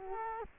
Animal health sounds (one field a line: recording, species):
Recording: mosquito wingbeat signal from an infrared sensor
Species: Culex quinquefasciatus